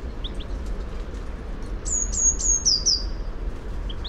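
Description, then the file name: Eurasian blue tit delivering a single thin, high phrase: a few level notes running into quick descending slurs, with faint chips before and after over low rumble. "Cyanistes caeruleus"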